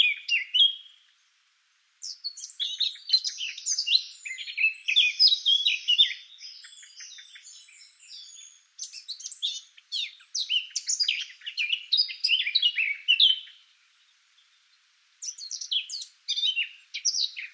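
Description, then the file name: Eurasian blackcap song in long bursts of hurried, chattering warbling with short pauses between phrases. "Sylvia atricapilla"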